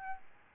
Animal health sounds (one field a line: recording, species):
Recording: mosquito wingbeat signal from an infrared sensor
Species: Aedes albopictus